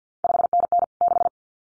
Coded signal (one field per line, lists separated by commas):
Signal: Morse code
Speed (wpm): 50 wpm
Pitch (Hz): 700 Hz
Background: none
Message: 5NN 6